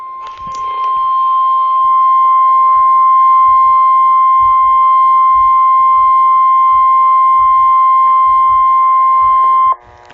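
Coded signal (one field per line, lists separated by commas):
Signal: Emergency Alert System (SAME) tones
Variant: 1050 Hz attention tone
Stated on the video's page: Severe thunderstorm warning tones from NOAA Weather Radio station in Rock Island, Illinois, received via a stream running about a minute delayed.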